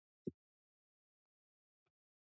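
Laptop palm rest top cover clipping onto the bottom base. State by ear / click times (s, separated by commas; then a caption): seated / 0.3 s. The plastic top cover (palm rest) of a Dell Inspiron 14 3437 laptop is lowered straight onto the bottom base, and its corners are pinched together. A sharp click at 0.3 s shows its retaining clips snapping in, and a faint second tick follows near 1.9 s. The cover is seated.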